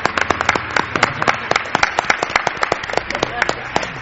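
An audience applauds for a member of the Milenio 3 radio programme, Fermín Agustí, with a steady, dense patter of many hands clapping, sustained and fairly loud for several seconds with scattered sharper claps poking through.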